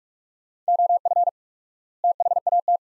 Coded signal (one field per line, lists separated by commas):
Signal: Morse code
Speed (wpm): 46 wpm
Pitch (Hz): 700 Hz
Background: none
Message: OF THAT